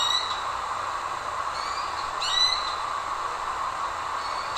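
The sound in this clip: Eared quetzal giving short squealing notes with brief whistles, a few times in under five seconds, over a steady hum.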